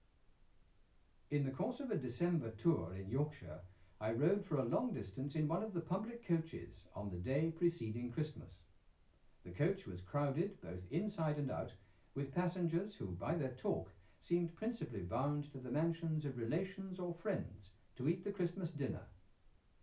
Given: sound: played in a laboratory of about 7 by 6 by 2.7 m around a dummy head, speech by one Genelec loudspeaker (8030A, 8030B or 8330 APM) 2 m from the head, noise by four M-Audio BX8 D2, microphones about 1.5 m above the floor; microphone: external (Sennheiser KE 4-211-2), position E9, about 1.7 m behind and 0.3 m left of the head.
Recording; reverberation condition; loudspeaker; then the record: male speech in English; low; in front (0 degrees)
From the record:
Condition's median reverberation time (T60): about 310 ms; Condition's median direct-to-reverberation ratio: about 3.5 dB